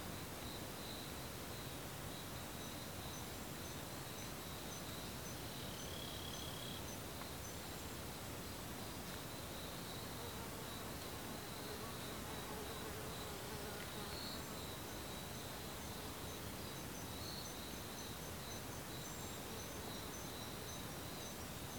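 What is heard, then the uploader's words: A small forest beside a road fills with a steady, dense hiss that never lets up, likely traffic mixed with the air of the woods. Insects chirr in a thin, high band throughout, with a brief brighter call around six seconds. Little Forest near the road. PingTung, Taiwan.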